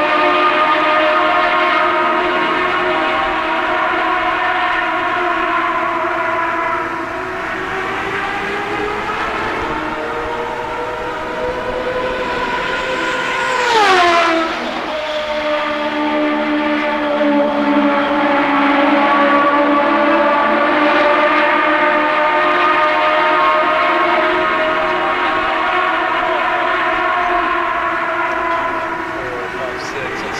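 Turbocharged race cars drone steadily around the oval, their high engine whine holding level, with one car sweeping past around fourteen seconds.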